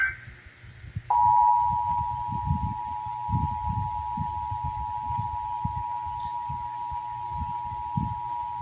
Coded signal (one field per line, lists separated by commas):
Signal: Emergency Alert System (SAME) tones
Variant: 853 and 960 Hz attention tone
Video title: (EAS #913-921) August 2025 Texas Required Monthly Test